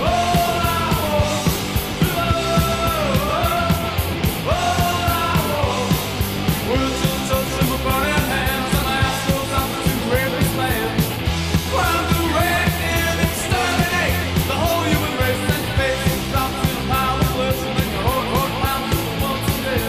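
A loud, full ukulele song plays throughout, with a steady driving beat, bright cymbal ticks and what sounds like shouted vocals over dense strumming and bass.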